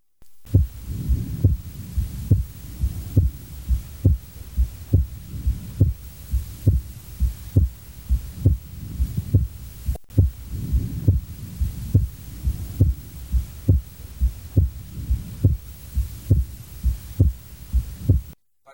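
Adult heart heard by stethoscope at about 68 beats per minute, with wide splitting of the second heart sound (S2) showing physiologic variation: S2 remains split even in expiration, and the splitting keeps its normal variation with breathing.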